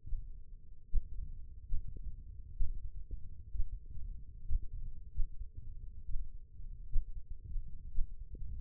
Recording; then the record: forearm muscle sounds (acoustic myography)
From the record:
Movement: finger pinch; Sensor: system 1, eight BSWA MPA416 microphones around the upper forearm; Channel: 2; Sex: male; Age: 21 years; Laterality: right